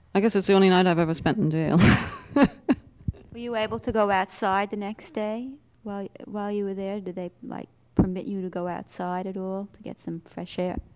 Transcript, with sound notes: guess it is the only night I have ever spent in jail. (she laughs)
Were you able to go outside the next day while you were there? Did they permit you to go outside at all to get some fresh air?